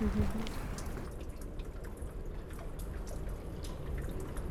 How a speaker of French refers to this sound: J'entends le bruit des gouttes là. Ouais, aussi. Ah, c'est des gouttes.